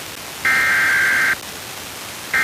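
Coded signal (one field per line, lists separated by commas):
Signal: Emergency Alert System (SAME) tones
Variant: header bursts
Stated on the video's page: Real EAS Required Monthly Tests received off air from FM broadcast stations and translators in Pennsylvania.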